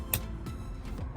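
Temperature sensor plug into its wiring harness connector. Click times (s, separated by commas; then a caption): 0.1 s. The plastic connector of a Tesla Model 3/Y cabin temperature sensor, newly fitted into a swivel screen mount housing, is plugged back into its wiring harness connector over background music. It clicks sharply at 0.1 s, and the connector is seated.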